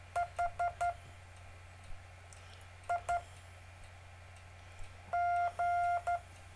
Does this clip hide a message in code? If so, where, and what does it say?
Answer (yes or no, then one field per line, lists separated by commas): yes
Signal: Morse code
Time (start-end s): 0.2-6.2 s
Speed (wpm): 12 wpm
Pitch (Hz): 700 Hz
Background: none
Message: H I G